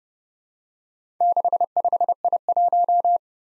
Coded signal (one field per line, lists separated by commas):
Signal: Morse code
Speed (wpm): 30 wpm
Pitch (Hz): 700 Hz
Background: none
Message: 65I1